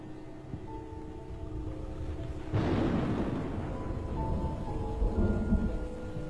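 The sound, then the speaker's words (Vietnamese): Steady heavy rain hisses throughout, then a deep rumble of thunder swells in about midway and rolls on, low and loud, beneath the downpour. “Anh quay phát người ra đằng sau, chả thấy gì ngoài tiếng mưa.”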